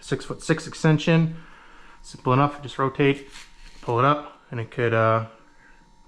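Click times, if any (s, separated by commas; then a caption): none. Someone talks while handling an aluminum/steel telescoping extension pole (about 3'3" or 3'8" extending to 6'6") for a Lowrance Eagle Eye 9" ice fishing setup, rotating it and pulling the section up. Only faint handling noise sits under the voice, with a soft brief sound at the very end. Nothing has seated or clicked yet; the section has not locked into its twist-lock collar.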